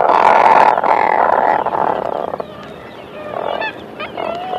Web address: atlantic puffin